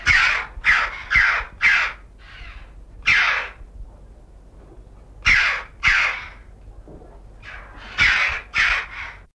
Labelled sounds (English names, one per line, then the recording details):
Red-billed Chough call
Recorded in captivity
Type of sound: call
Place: Alpenzoo Innsbruck, Tirol, AT
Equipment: Halbspur, 9,5 cm/s
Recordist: Lütgens, Hans
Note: Rufe